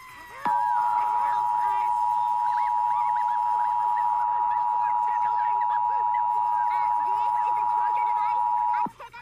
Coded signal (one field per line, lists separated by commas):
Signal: Emergency Alert System (SAME) tones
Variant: 853 and 960 Hz attention tone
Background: speech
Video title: EAS Tsunami Warning during TeleBLUE Reairing of Make Believe It or Not 2010 presumably, NTSC-rs ver)